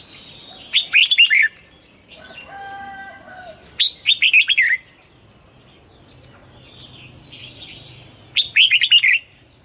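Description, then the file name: Red-whiskered bulbul song: three clusters of quick, bright, warbled notes spaced a few seconds apart, with a softer harmonic call between the first two. Hue strain of red-whiskered bulbul singing in the "giọng kép" (double-voice) song style. "Tieng chao mao hue hot giong kep"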